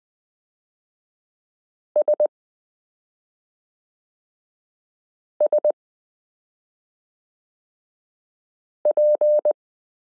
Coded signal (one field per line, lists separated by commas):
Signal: Morse code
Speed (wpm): 20 wpm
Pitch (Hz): 600 Hz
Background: none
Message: SSP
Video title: Morse Code Listening Lesson 12 - m k r s u a p t l o w i (.) period